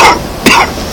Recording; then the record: coughing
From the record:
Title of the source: Coughing 60